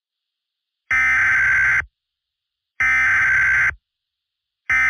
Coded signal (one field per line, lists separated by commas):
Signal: Emergency Alert System (SAME) tones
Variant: header bursts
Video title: My First EAS Video Ever.